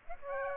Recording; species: mosquito wingbeat signal from an infrared sensor; Aedes aegypti